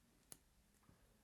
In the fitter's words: when you do post it you get a nice satisfying click